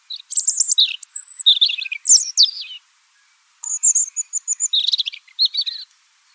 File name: Rouge gorge